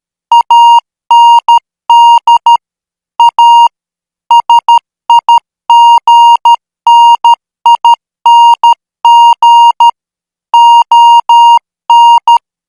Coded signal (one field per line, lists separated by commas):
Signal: Morse code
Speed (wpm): 13 wpm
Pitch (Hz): 940 Hz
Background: none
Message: AND A SIGNING ON